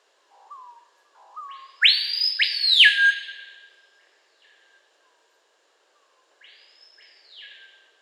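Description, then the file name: Screaming piha whistling two quiet short notes before a loud, ringing upsweep that falls away in a drawn-out tail; a softer repeat of the whip comes near the end. "Lipaugus vociferans"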